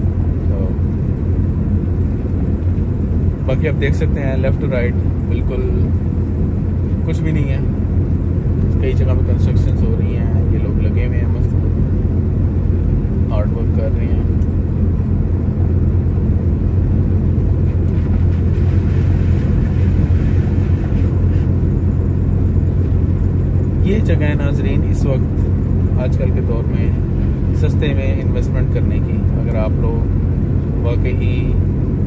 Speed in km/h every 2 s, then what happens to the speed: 27, 27, 28, 28, 29, 28, 28, 28, 29, 29, 29, 29, 29, 29, 29, 30.
0-32 steady at about 29.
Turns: none.